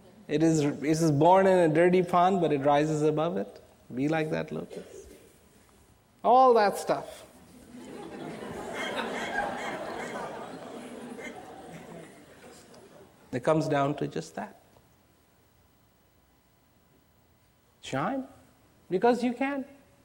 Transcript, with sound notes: it is it is born in a dirty pond but it rises above it, be like that lotus, all that stuff (sniggering and giggling) it comes down to just that, shine because you can,